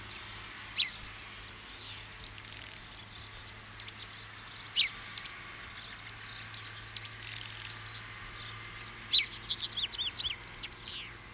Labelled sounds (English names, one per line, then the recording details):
Great Tit call
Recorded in the wild
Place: Oberstdorf, Bayern, DE
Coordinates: 47.4483, 10.2961
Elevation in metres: 857
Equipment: Uher 4000 Report
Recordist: Tretzel, Erwin